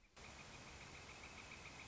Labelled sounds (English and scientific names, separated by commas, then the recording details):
Northern Flicker (Colaptes auratus)
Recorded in Sonoma County, California